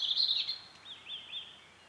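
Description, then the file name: European robin song: a brief burst of high warbled notes, then softer sliding whistled notes that fade away. "Erithacus rubecula"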